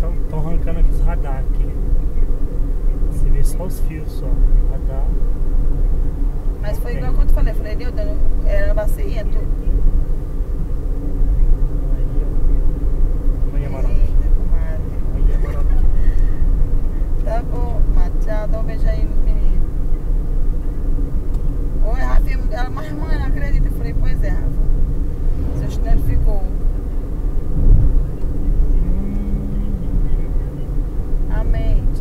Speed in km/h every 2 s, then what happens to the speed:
76, 76, 76, 77, 78, 79, 82, 84, 83, 78, 74, 73, 75, 78, 77, 80.
0-13 speeds up to 84. 17-20 slows to 74. 20-32 speeds up to 80.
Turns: none.